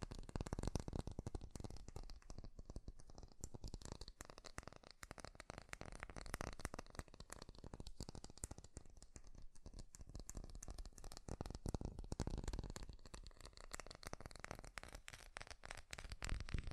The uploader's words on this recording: ASMR 3D Fast Tapping. (No Talking).